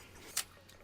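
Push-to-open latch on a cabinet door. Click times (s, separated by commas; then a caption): 0.4 s. A cabinet door on a concrete 3D printer stand is pushed against a push-to-open (pop and lock) latch, which gives a sharp, bright click at 0.4 s, followed by a much fainter tick at 0.7 s. It is unclear whether the click is the door locking shut or popping open, but the latch engages with a clean click.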